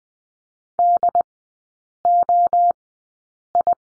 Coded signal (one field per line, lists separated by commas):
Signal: Morse code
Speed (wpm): 20 wpm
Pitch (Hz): 700 Hz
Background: none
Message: DOI